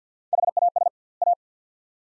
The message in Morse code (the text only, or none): HAS A